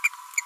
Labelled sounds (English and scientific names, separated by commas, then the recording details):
Green-rumped Parrotlet (Forpus passerinus) babbling
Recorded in a nest box in Venezuela
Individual 18B25A5